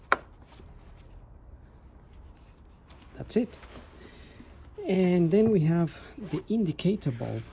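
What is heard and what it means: The plastic dust cover is pressed back onto the rear of the headlight housing on a 2011 Audi A4 (B8) during a headlight bulb replacement. It snaps on with a single sharp click at 0.1 s, and the cover is seated. After a few quiet seconds, someone talks.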